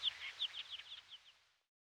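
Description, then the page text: Grey-necked bunting song: a brief series of high chirped notes, evenly spaced and growing softer. "Grey-Necked Bunting Song - Quick Sounds"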